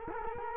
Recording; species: mosquito wingbeat signal from an infrared sensor; Culex quinquefasciatus